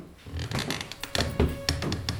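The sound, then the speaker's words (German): Footsteps climb a staircase in a steady rhythm, about eight dull, moderately loud thuds with light creaks between them and no voices, as a woman leads a man up the stairs of a house with rooms to let. “Mit klopfendem Herzen ging Ellen vor dem Mann die Treppe hinauf.”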